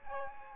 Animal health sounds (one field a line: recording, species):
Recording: mosquito wingbeat signal from an infrared sensor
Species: Aedes aegypti